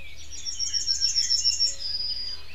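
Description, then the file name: Yellowhammer song with a fast, even series of high chipping notes leading into one long, lower closing note; light background noise. "Goldammer. Stefan Wehr"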